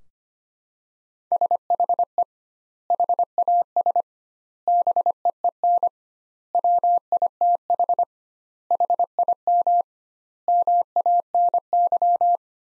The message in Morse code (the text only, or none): SHE HAS BEEN WITH HIM MANY